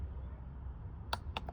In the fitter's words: You hear that click? That means it's ready.